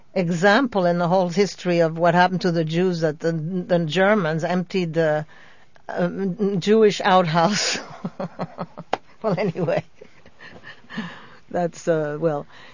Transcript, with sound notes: example in the whole history of what happened to the Jews that the Germans emptied the Jewish outhouse. ( she laughs ) Well, anyway, that's, well.